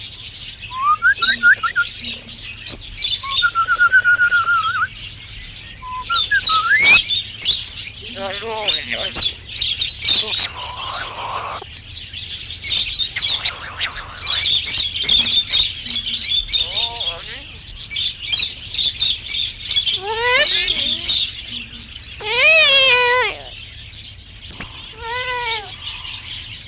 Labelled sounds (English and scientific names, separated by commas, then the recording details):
Black-capped Lory (Lorius lory) call
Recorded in captivity
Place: Zoo Hannover, Niedersachsen, DE
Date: 1974-07-04
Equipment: Halbspur, 9,5 cm/s
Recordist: Lütgens, Hans